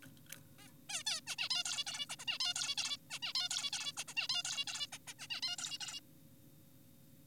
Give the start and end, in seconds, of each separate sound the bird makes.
0.59-0.68, 0.89-1.03, 1.07-1.21, 1.27-1.36, 1.38-1.49, 1.50-1.64, 1.66-1.84, 1.87-2.06, 2.10-2.16, 2.19-2.25, 2.28-2.38, 2.40-2.54, 2.56-2.76, 2.78-2.97, 3.10-3.19, 3.23-3.33, 3.35-3.49, 3.51-3.70, 3.73-3.92, 3.97-4.04, 4.08-4.14, 4.17-4.28, 4.30-4.43, 4.45-4.65, 4.68-4.87, 4.92-4.98, 5.08-5.14, 5.19-5.27, 5.31-5.41, 5.43-5.56, 5.58-5.78, 5.81-6.00